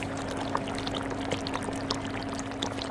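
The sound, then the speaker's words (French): Sugar syrup bubbles and thickens in a pan as it cooks, a dense, steady stream of small irregular pops and blips over a constant low hum, the bubbles growing duller and rounder, with no voices. “Vous entendez les bulles, elles épaississent. On entend petit à petit. Elles sont plus sourdes, plus rondes.”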